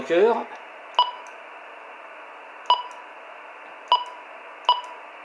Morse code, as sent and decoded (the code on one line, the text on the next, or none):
none